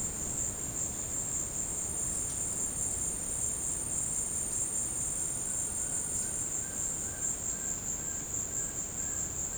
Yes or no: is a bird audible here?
yes